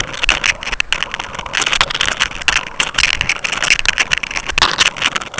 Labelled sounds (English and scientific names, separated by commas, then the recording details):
none
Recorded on Arctic tundra, site UTQI-5, on 12 June 2019
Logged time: 00:00